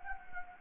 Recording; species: mosquito wingbeat signal from an infrared sensor; Anopheles gambiae